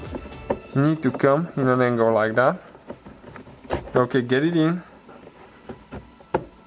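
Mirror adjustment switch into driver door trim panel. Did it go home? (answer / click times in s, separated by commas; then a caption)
yes / 6.4 s. An electric mirror adjustment switch housing on a 2008–2017 Ford Fiesta Mk7 is angled in and pushed into its plastic opening in the driver door trim panel while someone talks. Its retaining clips snap home with a single sharp click at 6.4 s, and the switch is seated.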